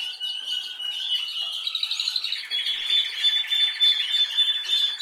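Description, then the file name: Canary song of rapid high trills, one phrase sliding down to a lower rolling trill under a held whistle. "Canary Voice"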